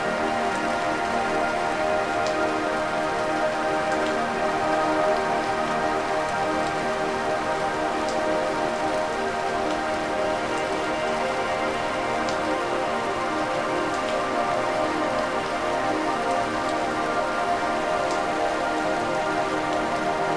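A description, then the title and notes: Steady rain patters throughout, with occasional brighter drops ticking through every couple of seconds. Underneath, soft sustained music notes hold in layered, unchanging chords across the middle range, keeping the level even for the whole stretch. A Rainy Night Bedtime Escape With Rain Sounds & Relaxing Music. As the rain serenades the night, a melodic embrace of soothing music intertwines with nature's sounds.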